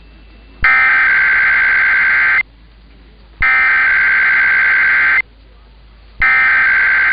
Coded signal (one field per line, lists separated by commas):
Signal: Emergency Alert System (SAME) tones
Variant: header bursts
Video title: San Francisco & Sacramento Monthly Tests (EAS #1350-#1352)￼